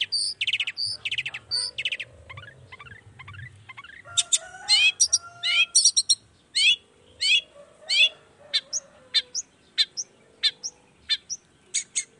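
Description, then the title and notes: Long-tailed shrike giving a varied, busy song of rapid chatter, buzzy notes and sliding whistles, followed by a string of short sharp notes. Morning singing of a lively long-tailed shrike with 'toet toet' sound variations, intended to stimulate reluctant shrikes into singing quickly. "Cendet Gacor Dor Di Kala Pagi Toet Toet Variasi Suara J. Cendet Gacor Di Pagi Hari Rangsangan Emosi Cendet Malas Bunyi Supaya Secepatnya Ikutan Bunyi. Burung cendet"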